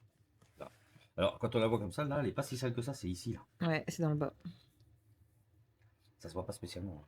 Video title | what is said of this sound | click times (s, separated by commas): SUR TOUS LES FRONTS ... | Elle, la moustiquaire, automatiquement, elle vient se clipser là. | 0.6 s